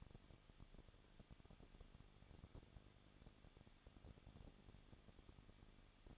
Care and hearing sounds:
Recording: daily activity, microphone in the room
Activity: no activity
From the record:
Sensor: 4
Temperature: 23.0 degrees Celsius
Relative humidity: 34.2%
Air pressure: 1007.3 hPa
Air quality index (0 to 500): 216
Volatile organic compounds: 15 ppm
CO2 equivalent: 2506 ppm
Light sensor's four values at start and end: 2/3/1/1 and 2/3/1/1

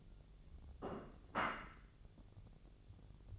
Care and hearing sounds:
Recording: daily activity, microphone in the room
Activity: place plate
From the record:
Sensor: 4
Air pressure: 1001.0 hPa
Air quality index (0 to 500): 146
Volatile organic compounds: 2 ppm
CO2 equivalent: 1074 ppm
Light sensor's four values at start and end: 26/62/25/27 and 26/62/25/27

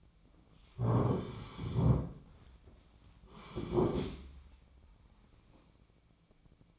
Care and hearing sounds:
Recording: daily activity, microphone in the room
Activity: sit down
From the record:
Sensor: 1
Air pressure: 1009.3 hPa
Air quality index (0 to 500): 178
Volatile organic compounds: 3 ppm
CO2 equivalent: 1503 ppm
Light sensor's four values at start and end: 41/108/45/53 and 43/115/48/57

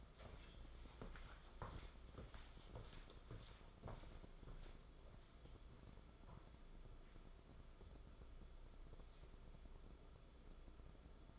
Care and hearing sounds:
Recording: daily activity, microphone in the room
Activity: walk to room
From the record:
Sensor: 5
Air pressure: 994.5 hPa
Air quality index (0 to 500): 172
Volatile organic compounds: 663 ppm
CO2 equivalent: 5006 ppm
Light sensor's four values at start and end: 18/55/22/21 and 31/104/39/41

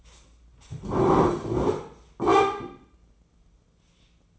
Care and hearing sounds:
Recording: daily activity, microphone in the room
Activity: sit down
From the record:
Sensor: 1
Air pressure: 996.0 hPa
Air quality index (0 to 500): 236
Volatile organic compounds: 1000 ppm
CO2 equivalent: 6870 ppm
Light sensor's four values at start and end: 33/81/35/42 and 35/86/37/44

